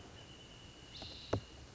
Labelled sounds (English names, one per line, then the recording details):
Wrentit
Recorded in Sonoma County, California